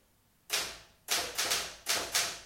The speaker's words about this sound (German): Ja, eine Remington. Was machen Sie denn da? Bisschen tippen. Nur eine Typenprobe.